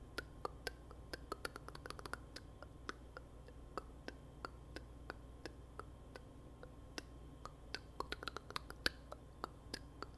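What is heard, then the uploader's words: Face touching and odd mouth sounds: a stream of sharp, crisp clicks and taps, irregular but frequent, several per second with brief pauses. Some land harder than others. Underneath runs a steady low hum. ASMR FACE TOUCHING & UNUSUAL MOUTH SOUND 顔を触らるよ・奇妙な声 tututi katakata jobujobu.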